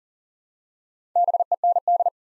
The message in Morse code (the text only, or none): BEND